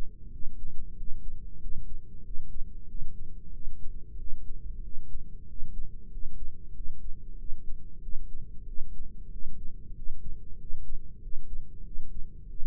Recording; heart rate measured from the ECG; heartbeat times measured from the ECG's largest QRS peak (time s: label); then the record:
heart sounds by microphone in the right ear; 94 bpm
0.28 s: heartbeat
0.93 s: heartbeat
1.56 s: heartbeat
2.21 s: heartbeat
2.85 s: heartbeat
3.50 s: heartbeat
4.15 s: heartbeat
4.80 s: heartbeat
5.44 s: heartbeat
6.07 s: heartbeat
6.71 s: heartbeat
7.35 s: heartbeat
7.99 s: heartbeat
8.64 s: heartbeat
9.28 s: heartbeat
9.91 s: heartbeat
10.55 s: heartbeat
11.18 s: heartbeat
11.81 s: heartbeat
12.46 s: heartbeat
From the record:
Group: heart failure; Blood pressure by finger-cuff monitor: 93/57 mmHg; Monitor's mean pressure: 69 mmHg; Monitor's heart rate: 93 bpm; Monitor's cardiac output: 8.1 L/min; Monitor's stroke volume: 87 mL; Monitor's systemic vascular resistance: 610 dyn s/cm5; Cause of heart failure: ischemic heart disease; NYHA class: 1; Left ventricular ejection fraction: 38%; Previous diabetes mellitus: present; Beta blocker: bisoprolol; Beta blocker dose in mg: 15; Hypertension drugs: sacubitril-valsartan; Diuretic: furosemide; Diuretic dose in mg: 20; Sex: male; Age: 33 years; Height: 172 cm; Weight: 78.5 kg